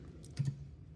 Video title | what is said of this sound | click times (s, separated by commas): Transformers Age of the Primes Alpha Trion The Thirteen Voyager Figure - Rodimusbill Review | click in. And then this rotates. Okay. | 0.2 s, 0.4 s